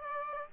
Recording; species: mosquito wingbeat signal from an infrared sensor; Aedes aegypti